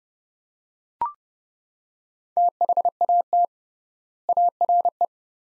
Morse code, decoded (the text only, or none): THAT ARE